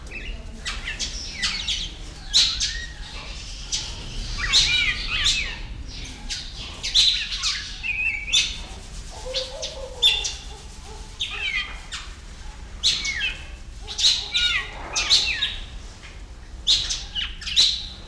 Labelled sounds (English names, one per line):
Violet-backed Starling